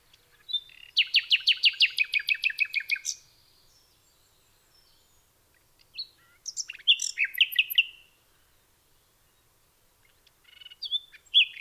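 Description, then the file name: Common nightingale song: a loud rapid series of repeated notes for about two seconds, then varied whistled and chattering phrases separated by short pauses. "nachtegaal"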